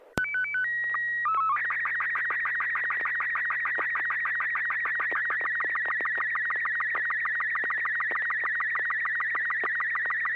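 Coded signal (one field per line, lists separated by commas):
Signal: SSTV (slow-scan television)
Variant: Robot 36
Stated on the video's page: SSTV images exchanged on a weekly net via an FM repeater on 441.300 MHz.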